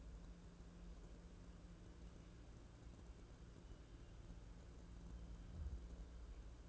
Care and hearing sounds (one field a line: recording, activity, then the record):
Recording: daily activity, microphone in the room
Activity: wipe stove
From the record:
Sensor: 2